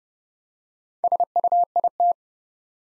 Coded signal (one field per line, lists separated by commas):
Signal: Morse code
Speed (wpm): 30 wpm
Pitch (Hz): 700 Hz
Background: none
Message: SUIT